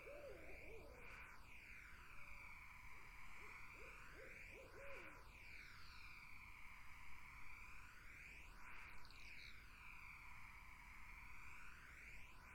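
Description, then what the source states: Barred owl calls: a brief hooted phrase opens, followed by a run of evenly spaced hoots, then only steady whooshing background remains. Several barred owls in a summer wetland; 8D spatial audio processing.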